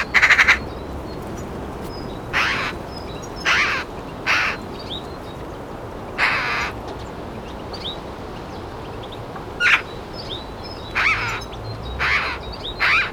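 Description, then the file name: Eurasian magpie calls: harsh, rasping single and paired bursts at irregular intervals, with faint whistles of other birds in the background. "Pica pica"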